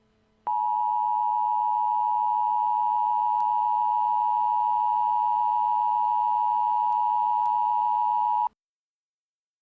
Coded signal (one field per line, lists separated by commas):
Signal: Emergency Alert System (SAME) tones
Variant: 853 and 960 Hz attention tone